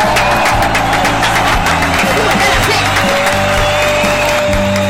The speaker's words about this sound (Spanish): Bienvenidos. Vamos a dar un aplauso.